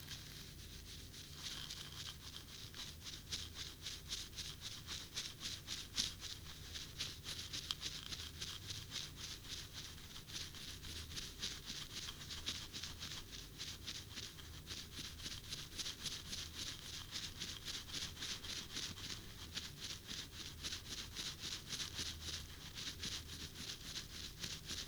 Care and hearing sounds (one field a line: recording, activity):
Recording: daily activity, guitar pickup as the sensor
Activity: brush teeth